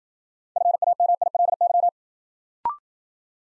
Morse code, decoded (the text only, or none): FAMILY